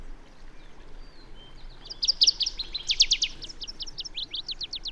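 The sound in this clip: Bird song: a rapid series of high, bright chirps and short trills starting after a quiet second and continuing to the end, with faint background hiss.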